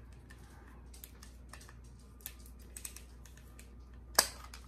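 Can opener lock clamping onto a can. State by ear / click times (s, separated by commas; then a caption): seated / 4.2 s. The handles of a Zyliss manual can opener are closed onto a can, with a few faint light ticks and handling sounds before a sharp, loud click at 4.2 s as the opener locks into place. Once locked, the opener stays clamped so someone with weak hands doesn't have to keep squeezing.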